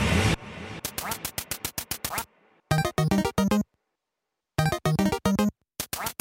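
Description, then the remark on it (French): Loud, harsh duck quacks come in rapid bursts of several calls each, with short silences between groups, overlapping into a noisy chorus at the start. “Tous les canards vont à la mare, et c'est bien fait pour vous, RQC.”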